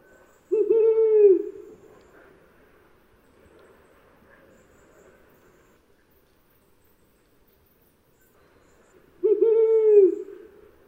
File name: 褐林鴞